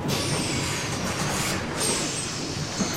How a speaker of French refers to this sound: D'ailleurs, revenons tout de suite à Montgomery, car ça y est, tu entends ? Oh ! Son bus vient enfin d'arriver